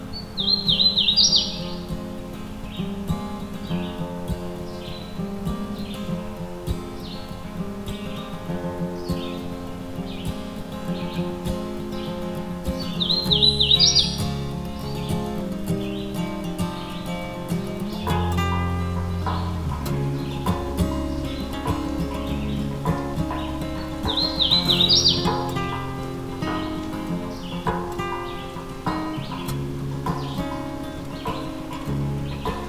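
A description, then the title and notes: A Hooded Warbler sings three times, near the start, around 13 seconds and around 25 seconds, each song a short bright run of slurred whistled notes ending in a rising flourish. Underneath, a steady dense hum of sustained tones and a low rumble continues throughout. A Perfect July Morning (Hooded Warbler). It’s my first morning in Allegheny National Forest and the weather is clear and sunny — a perfect July day for recording birdsong. I’ve parked at the same trailhead for Hector’s Falls as I did the evening before.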